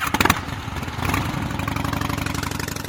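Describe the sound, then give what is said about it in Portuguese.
A motorcycle engine sputters to life with a few sharp bursts, swells in a quick rev, then settles into a steady, rapid pulsing idle, fairly loud and with no voices. “Jogos de moto, cara.”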